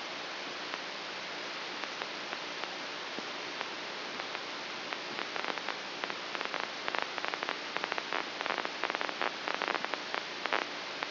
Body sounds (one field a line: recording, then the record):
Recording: brain microelectrode recording played as sound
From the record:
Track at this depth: inside the subthalamic nucleus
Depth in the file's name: 2.004 mm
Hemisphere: left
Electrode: 2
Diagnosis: Parkinson's disease